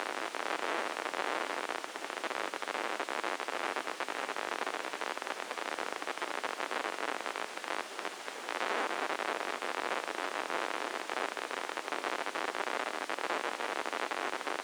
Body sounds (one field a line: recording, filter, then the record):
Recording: brain microelectrode recording played as sound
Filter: spike band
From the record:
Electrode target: subthalamic nucleus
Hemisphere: left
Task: reaching with the right hand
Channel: 1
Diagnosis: Parkinson's disease